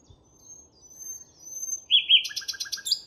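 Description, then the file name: Common nightingale song: faint high whistles, then a loud burst of rapid, stuttering repeated notes. "Luscinia megarhynchos"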